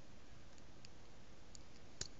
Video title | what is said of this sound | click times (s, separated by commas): zaku II parts | that in here a little click | 2.0 s